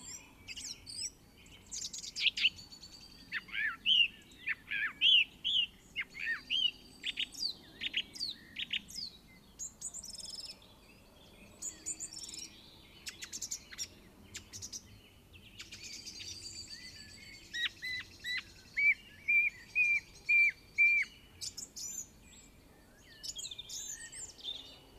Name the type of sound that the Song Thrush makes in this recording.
song